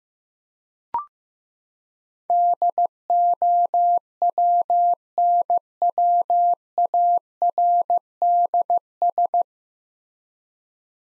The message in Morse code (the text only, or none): DOWNWARDS